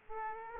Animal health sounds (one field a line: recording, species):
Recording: mosquito wingbeat signal from an infrared sensor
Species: Aedes aegypti